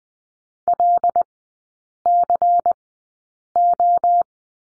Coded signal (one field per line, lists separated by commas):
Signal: Morse code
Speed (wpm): 20 wpm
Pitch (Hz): 700 Hz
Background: none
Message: LCO